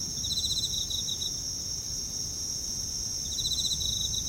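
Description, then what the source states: Rapid pulsed insect trills at the start and again near the end, separated by a gap, while a steady high insect tone continues underneath. Night, Kashiwa Town, Japan; bugs with town ambience; mid-side stereo.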